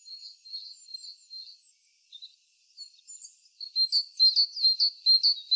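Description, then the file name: Great tit with high whistled notes, soft and wavering at first, building to a loud, regular series of sharp paired notes. "Parus major"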